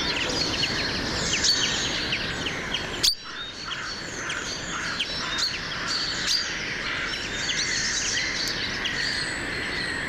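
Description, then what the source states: Common Chaffinch calls, a busy stream of brief chirps from many birds, broken by one sharp knock near the three-second mark, with continuous rushing background noise. Flock of 30-40 birds just arrived over the sea on migration, stopped to feed on the south coast; giving calls rather than song while feeding.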